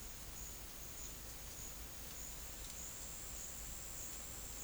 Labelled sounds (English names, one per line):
none